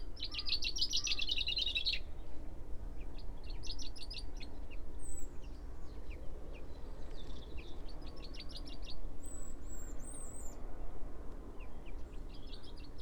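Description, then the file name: Common chaffinch: a burst of rapid high repeated notes at the start, further short chirping clusters and thin high whistles, over a steady low rumble. "Fringilla coelebs"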